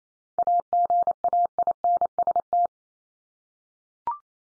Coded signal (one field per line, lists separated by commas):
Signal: Morse code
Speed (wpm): 28 wpm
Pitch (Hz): 700 Hz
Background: none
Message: AGAINST